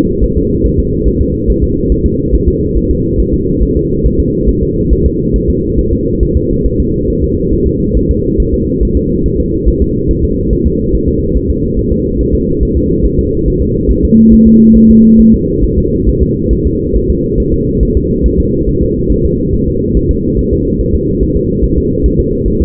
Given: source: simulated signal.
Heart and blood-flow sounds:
fetal heart sounds
0.24 s: S1
0.37 s: S2
0.66 s: S1
0.80 s: S2
1.08 s: S1
1.21 s: S2
1.50 s: S1
1.64 s: S2
1.92 s: S1
2.06 s: S2
2.35 s: S1
2.48 s: S2
2.77 s: S1
2.91 s: S2
3.20 s: S1
3.34 s: S2
3.63 s: S1
3.77 s: S2
4.06 s: S1
4.20 s: S2
4.50 s: S1
4.63 s: S2
4.93 s: S1
5.06 s: S2
5.36 s: S1
5.50 s: S2
5.79 s: S1
5.93 s: S2
6.23 s: S1
6.37 s: S2
6.67 s: S1
6.80 s: S2
7.10 s: S1
7.24 s: S2
7.54 s: S1
7.67 s: S2
7.97 s: S1
8.11 s: S2
8.40 s: S1
8.54 s: S2
8.83 s: S1
8.97 s: S2
9.26 s: S1
9.40 s: S2
9.68 s: S1
9.82 s: S2
10.11 s: S1
10.25 s: S2
10.53 s: S1
10.67 s: S2
10.95 s: S1
11.08 s: S2
11.37 s: S1
11.50 s: S2
11.79 s: S1
11.92 s: S2
12.21 s: S1
12.35 s: S2
12.63 s: S1
12.77 s: S2
13.06 s: S1
13.19 s: S2
13.48 s: S1
13.62 s: S2
13.91 s: S1
14.04 s: S2
14.34 s: S1
14.47 s: S2
14.77 s: S1
14.91 s: S2
15.21 s: S1
15.34 s: S2
15.65 s: S1
15.78 s: S2
16.09 s: S1
16.22 s: S2
16.53 s: S1
16.67 s: S2
16.97 s: S1
17.10 s: S2
17.40 s: S1
17.54 s: S2
17.83 s: S1
17.97 s: S2
18.26 s: S1
18.40 s: S2
18.69 s: S1
18.83 s: S2
19.12 s: S1
19.25 s: S2
19.55 s: S1
19.68 s: S2
19.97 s: S1
20.11 s: S2
20.39 s: S1
20.53 s: S2
20.81 s: S1
20.95 s: S2
21.23 s: S1
21.37 s: S2
21.64 s: S1
21.78 s: S2
22.06 s: S1
22.20 s: S2
22.48 s: S1
22.62 s: S2
From the record:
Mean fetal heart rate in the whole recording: 140 bpm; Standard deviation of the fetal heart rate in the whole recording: 2 bpm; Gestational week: 34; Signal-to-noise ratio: -14.7 dB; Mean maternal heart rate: 72 bpm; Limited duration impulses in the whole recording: present

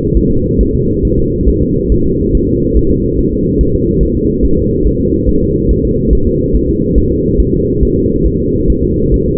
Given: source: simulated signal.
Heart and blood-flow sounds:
fetal heart sounds
0.17 s: S1
0.31 s: S2
0.61 s: S1
0.75 s: S2
1.05 s: S1
1.19 s: S2
1.49 s: S1
1.62 s: S2
1.92 s: S1
2.06 s: S2
2.35 s: S1
2.49 s: S2
2.77 s: S1
2.91 s: S2
3.19 s: S1
3.33 s: S2
3.61 s: S1
3.75 s: S2
4.03 s: S1
4.17 s: S2
4.45 s: S1
4.58 s: S2
4.87 s: S1
5.00 s: S2
5.29 s: S1
5.43 s: S2
5.71 s: S1
5.85 s: S2
6.13 s: S1
6.27 s: S2
6.55 s: S1
6.69 s: S2
6.98 s: S1
7.12 s: S2
7.40 s: S1
7.54 s: S2
7.83 s: S1
7.97 s: S2
8.27 s: S1
8.40 s: S2
8.70 s: S1
8.84 s: S2
9.14 s: S1
9.28 s: S2
From the record:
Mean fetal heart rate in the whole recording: 140 bpm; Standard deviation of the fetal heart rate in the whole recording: 2 bpm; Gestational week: 34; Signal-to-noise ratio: -15.3 dB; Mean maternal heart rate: 72 bpm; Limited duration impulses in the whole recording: present

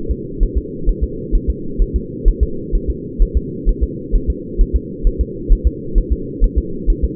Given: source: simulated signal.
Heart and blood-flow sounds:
fetal heart sounds
0.11 s: S2
0.43 s: S1
0.58 s: S2
0.89 s: S1
1.04 s: S2
1.35 s: S1
1.50 s: S2
1.82 s: S1
1.96 s: S2
2.28 s: S1
2.43 s: S2
2.75 s: S1
2.90 s: S2
3.22 s: S1
3.37 s: S2
3.69 s: S1
3.84 s: S2
4.16 s: S1
4.30 s: S2
4.61 s: S1
4.76 s: S2
5.07 s: S1
5.21 s: S2
5.53 s: S1
5.67 s: S2
5.98 s: S1
6.12 s: S2
6.44 s: S1
6.58 s: S2
6.90 s: S1
7.04 s: S2
From the record:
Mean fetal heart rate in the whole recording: 130 bpm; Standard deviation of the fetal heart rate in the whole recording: 2 bpm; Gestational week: 38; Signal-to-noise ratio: -4.3 dB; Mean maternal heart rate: 72 bpm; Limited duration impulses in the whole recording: absent

